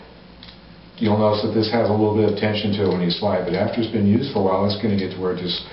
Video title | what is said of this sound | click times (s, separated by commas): Pistol Belt Clip With Quick Release "Operation" | of the connector button and locks into place and that's where you get the snap action when these first are finished up | 0.4 s